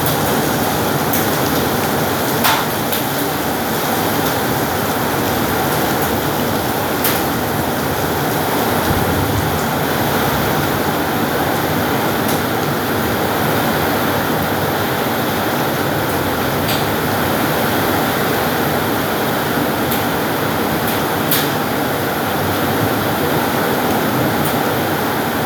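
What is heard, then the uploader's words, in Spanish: Heavy rain pours in a dense, unbroken hiss that holds steady from start to finish, filling everything from a low rumble to a bright top. Occasional sharper drop hits stand out, near 2, 7, 12, 17 and 21 seconds. Lluvia fuerte.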